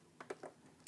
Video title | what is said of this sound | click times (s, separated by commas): How to replace a power and eject button on a PS4 Slim - Fixing a PlayStation 4 with no power #ps4 | line that up, and then push it to the left, like so. That just popped into place. | 0.9 s